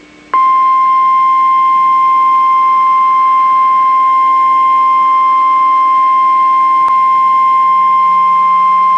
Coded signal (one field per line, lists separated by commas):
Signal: Emergency Alert System (SAME) tones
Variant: 1050 Hz attention tone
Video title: NOAA EAS SHELTER IN PLACE WARNING 1/31/21